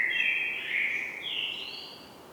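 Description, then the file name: Common blackbird giving a smooth fluted note that dips, then a second note sliding upward to a higher tone. "Turdus merula"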